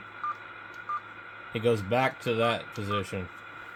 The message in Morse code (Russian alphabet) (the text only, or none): none